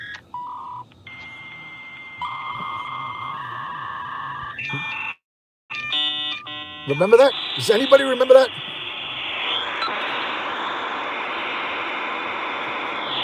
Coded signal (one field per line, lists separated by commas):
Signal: dial-up modem handshake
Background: speech